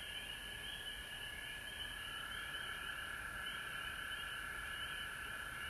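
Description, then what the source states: Frogs trilling together without pause, a bright sustained band of pulsed calls joined by higher rapid notes. Recorded at home in Georgia on March 19, 2020.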